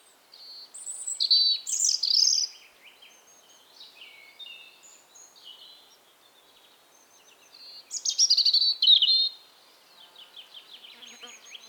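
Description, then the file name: European robin: two separate bursts of high, rapid, sparkling warbled notes, with soft thin whistles drifting between them and quiet gaps. "Erithacus rubecula"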